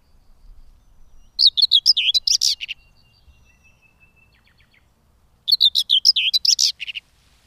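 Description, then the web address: Common whitethroat giving two hurried, grating warbled phrases with jumpy high notes, separated by roughly three seconds, faint thin tones in the gap. "agykontroll Madardalok Cd 2. Mezei poszáta"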